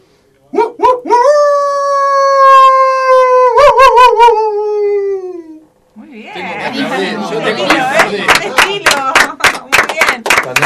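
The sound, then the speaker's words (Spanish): A person imitates a wolf with one long, rising howl that wavers near its end, followed by a burst of excited overlapping voices and a run of sharp claps. “Bueno, después de estos ejemplares aullidos, está complicado.”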